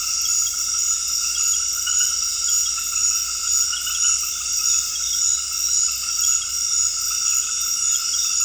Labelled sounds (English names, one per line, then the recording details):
none
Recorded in dense forest near Puerto Asís, Putumayo, Colombia, on 19 February 2024 at 23:30
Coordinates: 0.485, -76.318
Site G6408